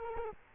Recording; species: mosquito wingbeat signal from an infrared sensor; Culex quinquefasciatus